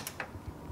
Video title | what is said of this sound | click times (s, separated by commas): Installing your PC's memory | and typically if you do that the tabs on either end will snap into place on the outside of the ram | 0.1 s, 0.2 s